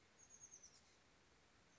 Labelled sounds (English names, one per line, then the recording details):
Oak Titmouse
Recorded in Sonoma County, California